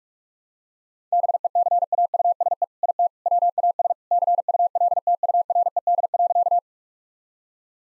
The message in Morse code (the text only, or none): BECAUSE IT WAS CULTURED.